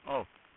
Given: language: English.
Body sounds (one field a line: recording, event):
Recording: throat vibration sensor signal played as sound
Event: speech